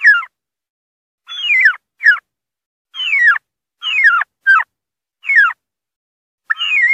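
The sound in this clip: Wild turkey giving distress calls, a series of raspy, downward-sliding yelps in uneven bursts, some paired closely together, separated by short pauses.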